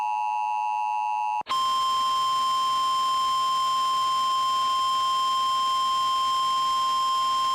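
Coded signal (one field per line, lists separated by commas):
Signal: Emergency Alert System (SAME) tones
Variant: 853 and 960 Hz attention tone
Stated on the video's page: Genuine SAME tones for a large tornado warning.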